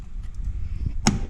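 A 16-bit ISA VGA video card is pushed down into the 16-bit ISA expansion slot of an AST Premium/286 Intel 286 desktop motherboard. After a low steady rumble and a faint tick near 0.4 s, a sharp bright snap sounds at 1.1 s as the card seats firmly in the slot.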